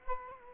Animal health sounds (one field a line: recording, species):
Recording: mosquito wingbeat signal from an infrared sensor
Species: Culex quinquefasciatus